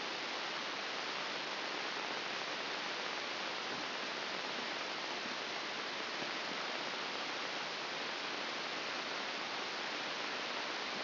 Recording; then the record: brain microelectrode recording played as sound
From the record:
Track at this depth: outside the subthalamic nucleus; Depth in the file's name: 4.898 mm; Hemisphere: left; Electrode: 2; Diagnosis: Parkinson's disease